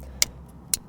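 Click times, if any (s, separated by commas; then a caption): 0.2 s, 0.7 s. A main power wire plug is pushed into the female connector of a Hamilton conversion harness for Apple CarPlay and Android Auto in a 2016–2019 Lexus RX. Two sharp, bright clicks sound at 0.2 s and 0.7 s over a low background hum. The connector snaps fully into place.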